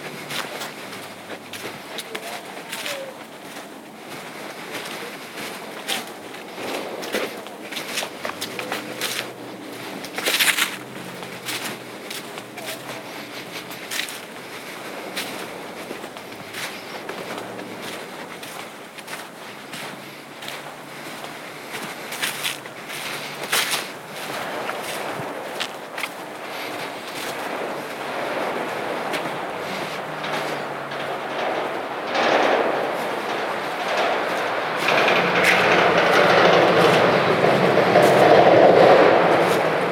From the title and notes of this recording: A Night Hike on Appleton Trail. A pitch-black night hike on the Appleton Trail.